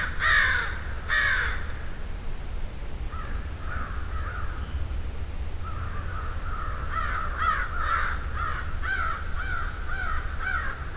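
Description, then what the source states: Two loud, harsh crow caws open, then a quieter flock keeps up overlapping cawing that grows busier later on. A murder (flock) of crows.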